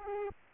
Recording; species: mosquito wingbeat signal from an infrared sensor; Aedes aegypti